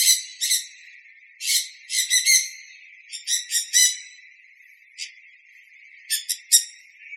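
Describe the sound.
Sun conure giving grating, high screeches, singly and in quick clusters of two or three, with longer gaps between groups.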